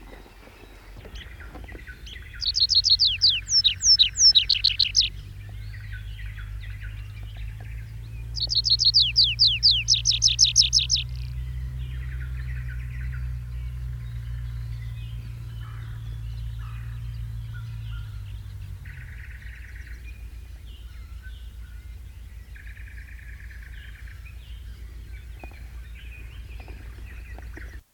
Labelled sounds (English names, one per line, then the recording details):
Tree Pipit song
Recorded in the wild
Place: Siggermow, Insel Rügen, Mecklenburg-Vorpommern, DE
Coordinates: 54.391, 13.461
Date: 1971-05-29
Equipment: Nagra III BH, Sennheiser MD 21, parabola
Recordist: Schubert, Michael
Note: Baumpieper, 2 Strophen